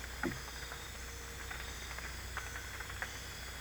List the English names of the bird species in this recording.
none